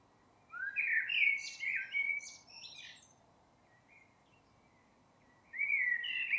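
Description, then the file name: Eurasian blackbird song: a low, fluty warble with high scratchy twitters, a few faint notes, then a new phrase starting. "Turdus merula"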